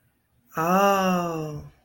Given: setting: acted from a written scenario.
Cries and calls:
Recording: vocal sound without words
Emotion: awe

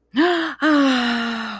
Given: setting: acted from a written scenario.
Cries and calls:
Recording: vocal sound without words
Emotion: pain

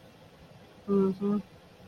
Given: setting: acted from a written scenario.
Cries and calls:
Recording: vocal sound without words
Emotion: neutral

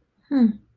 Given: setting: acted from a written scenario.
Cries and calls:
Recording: vocal sound without words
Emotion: neutral

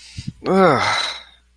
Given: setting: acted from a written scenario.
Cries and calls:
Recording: vocal sound without words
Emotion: disgust

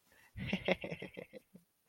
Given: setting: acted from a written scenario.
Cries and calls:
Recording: vocal sound without words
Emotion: embarrassment

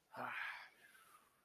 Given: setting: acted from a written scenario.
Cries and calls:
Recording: vocal sound without words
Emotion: desire

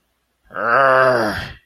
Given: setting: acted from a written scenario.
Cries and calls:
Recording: vocal sound without words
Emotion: anger

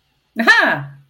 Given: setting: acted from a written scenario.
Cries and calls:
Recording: vocal sound without words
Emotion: triumph

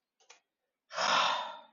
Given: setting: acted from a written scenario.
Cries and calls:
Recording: vocal sound without words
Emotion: disappointment

